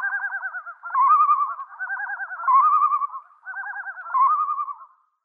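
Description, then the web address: Yellow-billed loon in a long series of quavering tremolo notes, rapid pulsed phrases alternating with smoother wavering tones, nearly continuous for five seconds. "Schulze Peter Yellow-billed Diver"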